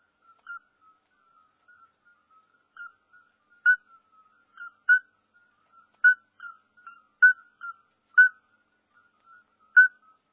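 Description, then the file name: Toad giving short, bell-like whistled notes, soft at first then louder and more frequent, repeating about every second with fainter notes between; nothing else audible. "crapaud"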